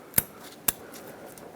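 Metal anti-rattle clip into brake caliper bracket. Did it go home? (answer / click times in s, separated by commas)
yes / 0.2 s, 0.7 s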